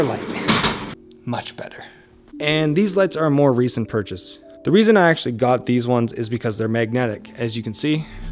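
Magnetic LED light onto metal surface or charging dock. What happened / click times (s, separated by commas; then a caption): Handled, not yet seated: no snap onto metal is heard / none. Someone talks over background music while handling a small magnetic LED tube light meant to snap onto a metal surface or charging dock, chosen because it is magnetic. The light is only being handled, and nothing has seated or clicked into place yet.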